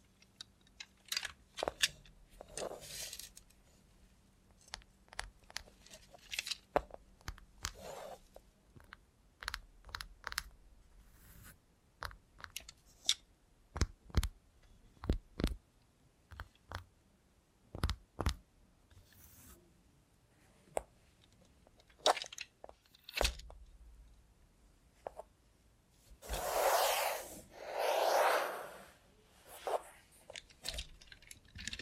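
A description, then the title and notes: ASMR with a robot hand: a steady run of short, crisp clicks and taps, often clustered in quick bursts, with some softer crunchy rustling between them. Near the end, around 26 to 29 seconds, two longer hissing swells rise and fade. Try ASMR with a Robot Hand (No Talking).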